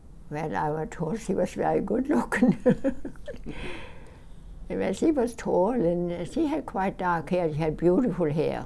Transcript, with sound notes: Well, I was told she was very good-looking. ( she laughs ) She was tall, and she had quite dark hair. She had beautiful hair.